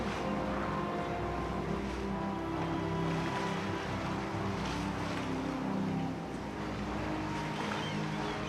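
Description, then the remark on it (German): Open sea waves wash and churn steadily at 6 a.m. just after a hatch opens, with icebergs and ice floes on the water, mixed with a continuous low droning hum like a boat's engine, with no voices throughout. “Das freie Meer! Wir haben das freie Meer!”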